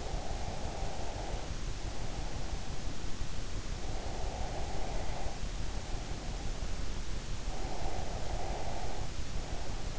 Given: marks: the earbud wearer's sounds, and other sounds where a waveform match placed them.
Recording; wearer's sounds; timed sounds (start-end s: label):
sounds in sleep by an in-ear microphone; breath
0.00-2.63 s: breath
3.83-6.51 s: breath
7.67-9.99 s: breath